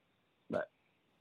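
A single abrupt, voiced gulping sound lasting about a fifth of a second breaks a quiet, hissy phone line. It is one hiccup from an adult man, the sudden involuntary catch of breath against a closing throat, coming in a bout of hiccups that persists while he tries to smoke a cigarette.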